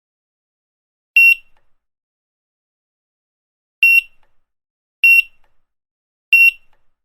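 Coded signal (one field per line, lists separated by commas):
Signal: none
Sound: checkout scanner beeps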